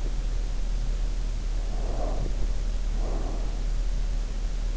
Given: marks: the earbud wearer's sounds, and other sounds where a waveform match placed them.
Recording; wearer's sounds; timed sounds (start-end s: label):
sounds in sleep by an in-ear microphone; breath
1.65-3.63 s: breath